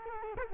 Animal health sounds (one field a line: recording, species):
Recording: mosquito wingbeat signal from an infrared sensor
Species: Culex quinquefasciatus